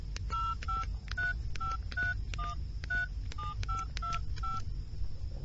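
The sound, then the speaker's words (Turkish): A mobile phone keypad dialing a number: about a dozen short, clear two-pitch beeps, each with a faint click, tapped in a quick, slightly uneven rhythm over a low steady rumble. No one speaks. “Dur şunu cep telefonundan bir arayayım.”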